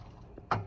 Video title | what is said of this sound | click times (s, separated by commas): Tracker EV iS driving tips include regenerative braking | you hear the click okay you're gonna hear the click before you cut it off or say that was in forward you | 0.5 s